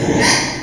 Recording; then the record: squeal of a Yucatan mini pig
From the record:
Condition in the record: before surgery on the right vocal fold (resection and tissue-engineered implant); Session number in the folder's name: 2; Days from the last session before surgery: 0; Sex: male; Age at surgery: 12 weeks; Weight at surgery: 13 kg